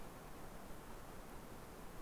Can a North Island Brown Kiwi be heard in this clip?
no